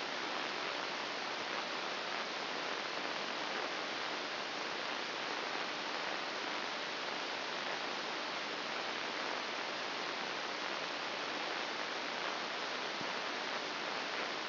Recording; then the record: brain microelectrode recording played as sound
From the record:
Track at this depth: inside the subthalamic nucleus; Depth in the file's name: 2.804 mm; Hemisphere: right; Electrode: 2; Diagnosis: Parkinson's disease